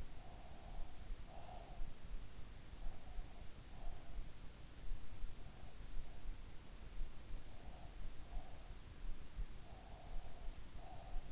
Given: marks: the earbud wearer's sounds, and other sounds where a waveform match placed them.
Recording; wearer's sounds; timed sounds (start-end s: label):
sounds in sleep by an in-ear microphone; breath
0.00-2.10 s: breath
9.74-11.32 s: breath